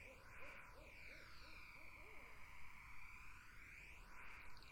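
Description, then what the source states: Barred owl hoots in a quick series of several short, slightly arched notes over a steady background. Barred owls, more than one, in a summer wetland.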